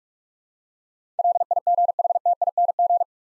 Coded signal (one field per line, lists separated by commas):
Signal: Morse code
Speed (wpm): 46 wpm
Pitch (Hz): 700 Hz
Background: none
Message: LIGHTING